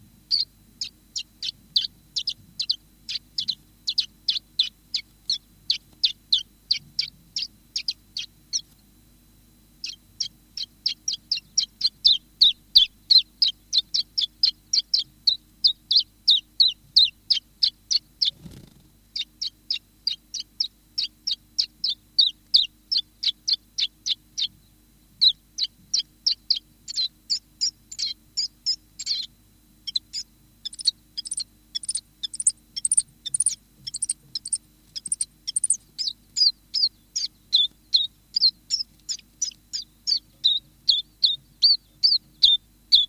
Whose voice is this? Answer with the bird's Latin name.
Phylloscopus collybita